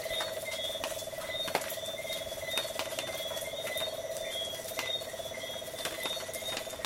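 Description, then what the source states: Tree frogs trilling, a steady pulsed trill running through the whole stretch, over high, even insect buzzing and scattered sharp clicks. Tree frogs and insects calling on the coast at night.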